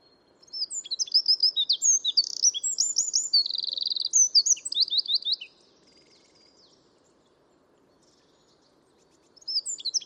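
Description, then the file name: Eurasian wren song of shrill rapid notes and a buzzing trill for about five seconds, followed by several seconds of near silence before another burst begins at the end. "Troglodytes troglodytes"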